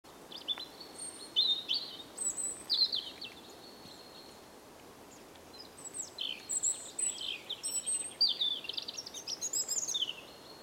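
European robin song with high, sweet warbled and trilled phrases, a pause midway, then a longer run of tinkling notes; light background noise.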